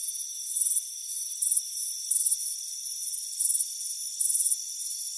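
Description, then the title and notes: Cricket chirping, short pulsed trills at intervals, set against a steady high-pitched insect background. Soothing chirping. "Soothing Crickets Chirping Sound. It's a warm afternoon as you relax in a hammock on the front porch. Deep Sleep Sounds"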